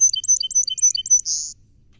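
Song sparrow song fragment: a quick series of bright high twittering notes followed by a short harsh buzz, then quiet.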